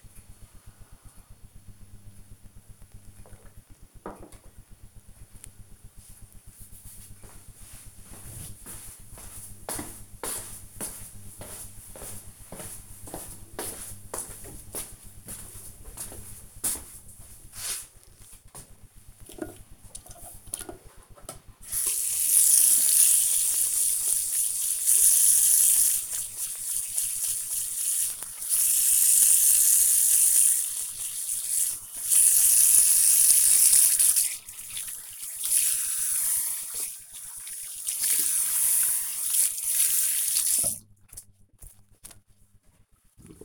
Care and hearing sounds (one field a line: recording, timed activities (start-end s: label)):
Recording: household activities, microphone on the right wrist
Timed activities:
0.00-3.63 s: drinking
17.70-41.86 s: washing hands